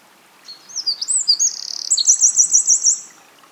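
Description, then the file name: Eurasian wren song: one loud, very high, hurried phrase of varied sharp notes that ends in a rapid, rattling trill lasting about a second. "Troglodytes troglodytes"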